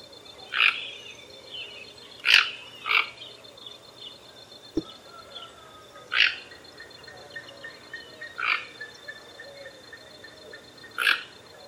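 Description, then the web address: Toco toucan croaking in harsh, grating single notes at uneven intervals, six calls in all, over a soft background of small bird chirps. "Ramphastos toco. صدای-پرنده-توکان-منقاردار"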